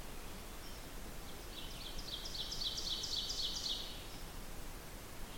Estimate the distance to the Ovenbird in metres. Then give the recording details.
about 70 m. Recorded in boreal forest in Alberta, Canada, on 16 June 2016 at 08:15. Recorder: SongMeter 3, array SBT-3-32. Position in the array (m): 159 m, -30 m. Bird 38